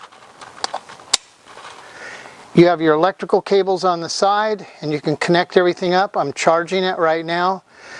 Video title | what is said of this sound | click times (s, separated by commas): The RKA Dashboard Installation | dashboard rotates 60 degrees and it has little clickers to click into you | 0.6 s, 1.1 s